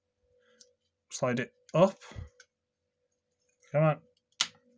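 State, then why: Seated. A person slides the plastic head of a transforming toy robot up into the toy's body while someone talks, pushing until it snaps into its locked position. A sharp, loud click is heard at 4.4 seconds as the head seats in place.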